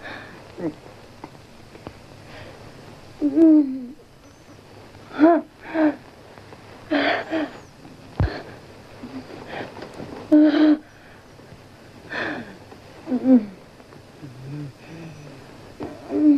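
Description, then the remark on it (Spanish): Actress Isabel Sarli, in a masturbation scene from the film Fuego, breathes heavily in ragged gasps, broken by drawn-out, mid-pitched moans that rise and fall in uneven bursts. No words are spoken, and the quieter breaths fade between louder moans. “Lo que estamos escuchando es Isabel Sarli masturbándose en la película Fuego.”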